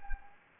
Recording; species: mosquito wingbeat signal from an infrared sensor; Anopheles gambiae